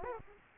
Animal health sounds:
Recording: mosquito wingbeat signal from an infrared sensor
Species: Aedes aegypti

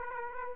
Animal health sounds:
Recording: mosquito wingbeat signal from an infrared sensor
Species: Aedes aegypti

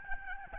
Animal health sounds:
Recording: mosquito wingbeat signal from an infrared sensor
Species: Aedes albopictus

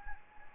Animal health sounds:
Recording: mosquito wingbeat signal from an infrared sensor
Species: Anopheles gambiae

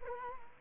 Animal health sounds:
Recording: mosquito wingbeat signal from an infrared sensor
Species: Culex quinquefasciatus

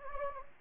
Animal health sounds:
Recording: mosquito wingbeat signal from an infrared sensor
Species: Anopheles gambiae

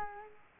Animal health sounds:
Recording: mosquito wingbeat signal from an infrared sensor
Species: Culex quinquefasciatus

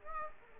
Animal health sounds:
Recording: mosquito wingbeat signal from an infrared sensor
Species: Aedes aegypti

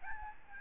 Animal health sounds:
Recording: mosquito wingbeat signal from an infrared sensor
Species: Aedes albopictus

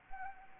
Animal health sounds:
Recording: mosquito wingbeat signal from an infrared sensor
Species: Anopheles arabiensis

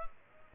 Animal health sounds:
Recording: mosquito wingbeat signal from an infrared sensor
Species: Culex pipiens

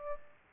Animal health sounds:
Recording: mosquito wingbeat signal from an infrared sensor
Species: Aedes aegypti

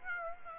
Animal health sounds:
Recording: mosquito wingbeat signal from an infrared sensor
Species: Aedes aegypti

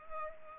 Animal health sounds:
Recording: mosquito wingbeat signal from an infrared sensor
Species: Culex pipiens

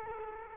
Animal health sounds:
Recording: mosquito wingbeat signal from an infrared sensor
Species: Culex quinquefasciatus

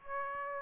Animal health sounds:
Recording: mosquito wingbeat signal from an infrared sensor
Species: Aedes aegypti

